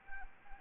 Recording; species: mosquito wingbeat signal from an infrared sensor; Anopheles arabiensis